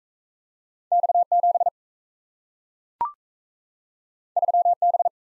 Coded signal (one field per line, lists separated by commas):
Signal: Morse code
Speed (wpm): 38 wpm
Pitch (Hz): 700 Hz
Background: none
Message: X7 3B